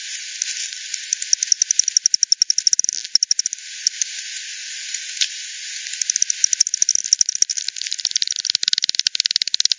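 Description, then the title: Bat echolocation calls, rendered as rapid dry clicks in dense bursts with a lull near the middle, then quickening again into fast ticking trains. Multiple bats at the Hogsmill River, Hogsmill Lane, 7 October 2020 at 18:10 UTC; recorded with frequency division by ten, band-pass filtered and resampled. "WW bat 20201007 T 18 : 10 Z-Hogsmill-Lane-Hogsmill-River-multiple-bats"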